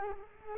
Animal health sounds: mosquito wingbeat signal from an infrared sensor; Culex quinquefasciatus

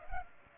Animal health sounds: mosquito wingbeat signal from an infrared sensor; Culex pipiens

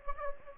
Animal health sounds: mosquito wingbeat signal from an infrared sensor; Anopheles gambiae

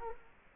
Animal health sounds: mosquito wingbeat signal from an infrared sensor; Culex quinquefasciatus

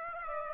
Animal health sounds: mosquito wingbeat signal from an infrared sensor; Aedes aegypti

